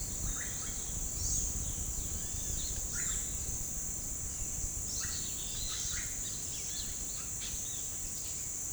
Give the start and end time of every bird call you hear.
0.00s-3.26s: bird call (0.9-9.4 kHz)
4.86s-8.72s: bird call (0.6-7.9 kHz)

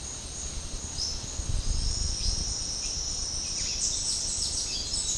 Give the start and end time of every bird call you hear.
0.89s-5.18s: bird call (2.1-10.3 kHz)

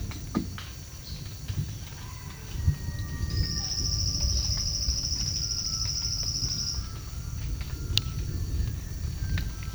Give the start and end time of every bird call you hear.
2.55s-3.94s: bird call (1.1-2.4 kHz)
5.35s-8.21s: bird call (1.1-1.5 kHz)
9.24s-9.75s: bird call (0.7-1.8 kHz)

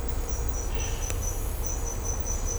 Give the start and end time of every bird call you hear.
0.69s-1.02s: bird call (0.9-4.4 kHz)

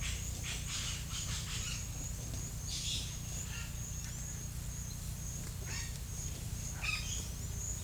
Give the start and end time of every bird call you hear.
0.01s-1.85s: bird call (1.1-9.0 kHz)
2.56s-3.85s: bird call (1.0-9.3 kHz)
5.70s-5.95s: bird call (1.0-7.5 kHz)
6.86s-7.12s: bird call (1.3-7.1 kHz)

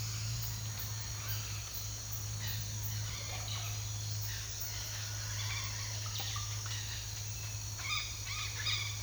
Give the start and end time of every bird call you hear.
2.39s-7.13s: bird call (0.6-4.7 kHz)
7.76s-9.02s: bird call (0.4-5.2 kHz)

